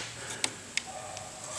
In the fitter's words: right there pops right in and there's a little piece that little